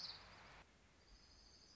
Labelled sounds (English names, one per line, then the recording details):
Orange-crowned Warbler
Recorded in Sonoma County, California